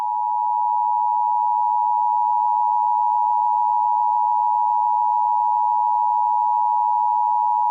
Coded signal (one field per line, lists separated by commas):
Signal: Emergency Alert System (SAME) tones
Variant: 853 and 960 Hz attention tone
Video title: 100.3FM EAS Required Monthly Test (Oregon State) (June 5th, 2025 at 12:15 AM)